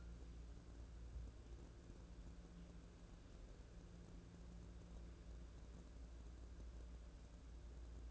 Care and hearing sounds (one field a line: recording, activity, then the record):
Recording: daily activity, microphone in the room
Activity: wipe stove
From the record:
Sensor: 2